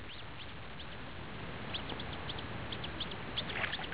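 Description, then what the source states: Coot calls: rapid high peeps, sparse at first then thickening into a busy overlapping chatter, with low background noise throughout. Adult feeding young.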